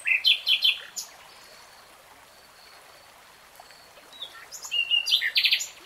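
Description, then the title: Nightingale song: a burst of rich, varied notes, a quiet gap with faint high whistles, then another jumbled phrase of quick notes and rising chirps. Nightingale singing in real time. "[Tiếng chim hót] 3 Hours REALTIME Nightingale Singing"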